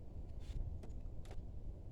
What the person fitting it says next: that line snaps back into place all right